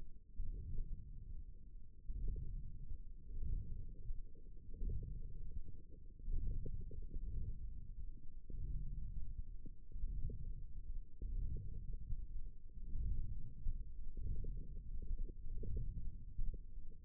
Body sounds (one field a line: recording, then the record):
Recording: forearm muscle sounds (acoustic myography)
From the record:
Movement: wrist flexion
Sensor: system 1, eight BSWA MPA416 microphones around the upper forearm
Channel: 2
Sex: female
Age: 22 years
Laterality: right